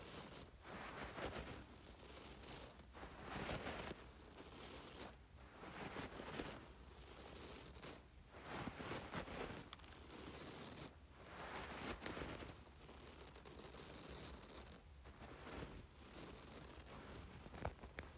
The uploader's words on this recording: ASMR Playing with Rice.